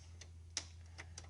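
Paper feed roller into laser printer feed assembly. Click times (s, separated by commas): 0.6 s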